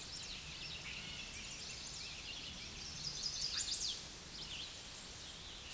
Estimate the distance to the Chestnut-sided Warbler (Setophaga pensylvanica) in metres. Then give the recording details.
about 25 m. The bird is about 5 m above the microphone. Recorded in a Pennsylvania forest on 16 May 2024 at 07:16. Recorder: AudioMoth, point MSD-2039. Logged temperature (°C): 15.0 °C. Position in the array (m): 80 m, 65 m